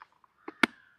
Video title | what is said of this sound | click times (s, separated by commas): LS2 STREAM II HELMET - Should you buy it? | देखिए यह पूरा लॉक हो जाएगा। | 0.6 s